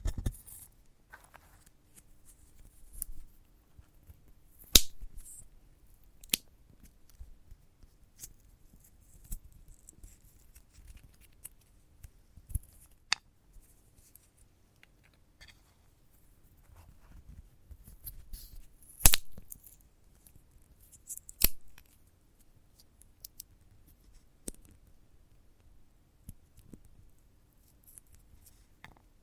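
Handling of a sunflower head produces sparse, sharp snipping and crackling clicks scattered through a quiet background. Strong isolated snaps land around 5, 19 and 21 seconds, with soft rustling and faint low thumps between them and a brief busier patch near 19–21 seconds.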